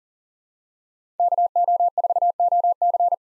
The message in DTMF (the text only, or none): none